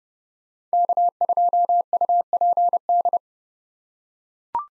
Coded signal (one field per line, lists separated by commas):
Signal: Morse code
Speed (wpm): 30 wpm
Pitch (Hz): 700 Hz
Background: none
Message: K2UPD